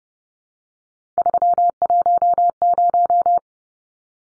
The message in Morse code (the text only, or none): 310